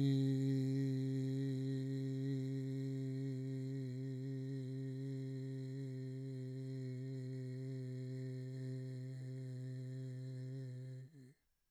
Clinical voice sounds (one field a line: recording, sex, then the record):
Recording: sustained vowel /i/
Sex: male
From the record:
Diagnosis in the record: Parkinson's disease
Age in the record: 68 years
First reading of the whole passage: 84 s, 6.2 characters per second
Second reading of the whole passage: 63 s, 8.2 characters per second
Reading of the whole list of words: 57 s, 5.0 characters per second